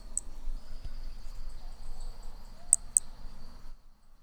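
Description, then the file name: Hermogenes's flea-toad producing a single high click, then a quick pair of clicks, over soft low background noise. Individual 03, Picinguaba, 13 December 2017. "B hermogenesi Picinguaba ind 03 ex 03 sem detalhes 13 dez 2017 MRB"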